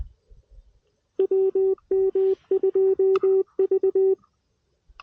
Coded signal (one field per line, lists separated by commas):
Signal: Morse code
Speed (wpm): 20 wpm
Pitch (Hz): 380 Hz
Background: none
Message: WM2V